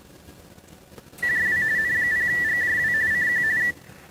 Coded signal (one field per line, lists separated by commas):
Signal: RTTY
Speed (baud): 45.45 baud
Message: JW N0GJW CQ